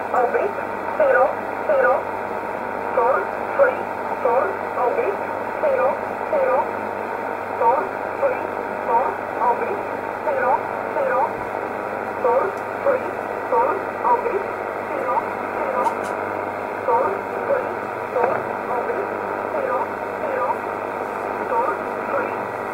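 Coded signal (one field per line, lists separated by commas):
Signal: numbers station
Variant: E11 Oblique, English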